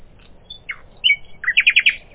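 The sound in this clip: Common nightingale song fragment: a high thin whistle, a short descending note, a drawn-out note, then a fast series of several loud repeated notes.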